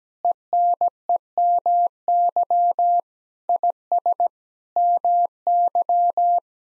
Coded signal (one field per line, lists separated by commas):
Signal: Morse code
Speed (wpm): 17 wpm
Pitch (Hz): 700 Hz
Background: none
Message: ENEMY IS MY